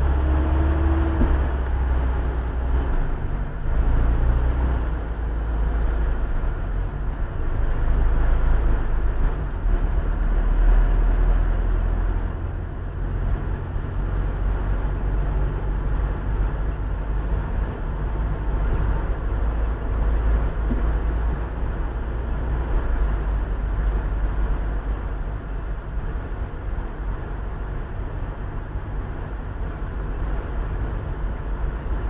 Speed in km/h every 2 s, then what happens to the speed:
15, 15, 15, 16, 18, 22, 26, 26, 29, 30, 31, 29, 27, 28, 29, 29.
0-6 steady at about 15. 6-19 speeds up to 31. 19-32 steady at about 29.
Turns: none.